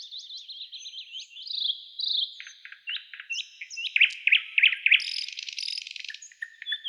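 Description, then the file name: Nightingale song, a continuous run of high chirps and buzzy trills, with loud repeated sweeping notes in the middle and a dry rattle toward the end. "Solovey-1 Trel"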